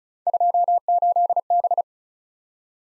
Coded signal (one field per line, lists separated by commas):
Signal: Morse code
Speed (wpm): 38 wpm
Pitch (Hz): 700 Hz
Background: none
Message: 28B